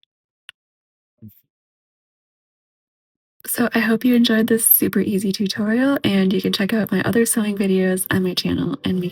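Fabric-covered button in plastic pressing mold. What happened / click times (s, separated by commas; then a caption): The covered button popped out of its mold / 0.0 s, 0.5 s. A finished fabric-covered button, its back pressed into the fabric-covered shell, is popped out of a plastic pressing mold with short sharp hits at 0.0 s and 0.5 s, followed by a faint low knock near 1.2 s. The button comes free, and after a couple of seconds of near silence someone talks until the end.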